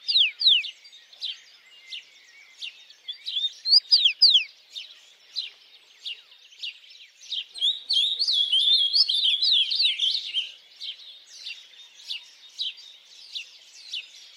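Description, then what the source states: Birds singing with rapid repeated sharp chirps and downslurred notes, a louder burst of tangled twittering in the middle, several birds overlapping. Birds singing at dawn.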